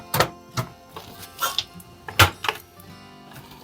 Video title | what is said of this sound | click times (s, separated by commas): Old laptop forced me to build a new PC | like that and you want to push until you get a click | 2.2 s